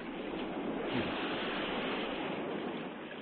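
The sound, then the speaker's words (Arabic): Steady, broad rushing wash of surf at the shore, a continuous hiss and roar with a slight swell around the middle before easing a little at the end. No voices. “ارجع يا شارلي، البحر ملهوش امان”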